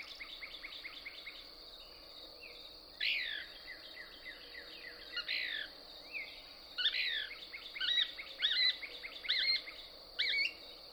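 Couch's Kingbird song: soft fast twittering at first, then louder sharp sweeping notes repeated in quick succession, with faint insect buzz behind.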